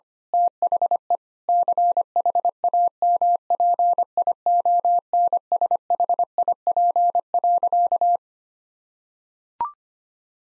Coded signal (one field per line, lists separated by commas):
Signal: Morse code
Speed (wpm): 25 wpm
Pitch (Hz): 700 Hz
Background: none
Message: THE CHAMPIONSHIP.